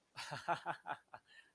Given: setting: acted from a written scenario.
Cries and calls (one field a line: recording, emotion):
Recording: vocal sound without words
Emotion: amusement